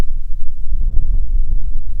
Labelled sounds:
waterfowl, wind
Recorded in the Prudhoe Bay oil fields, Alaska, on 6 August 2019 at 05:37
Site 22

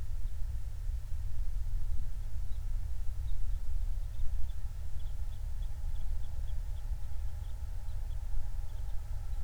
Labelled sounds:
songbird, flare stack, vehicle
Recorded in the Prudhoe Bay oil fields, Alaska, on 28 July 2019 at 05:20
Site 25

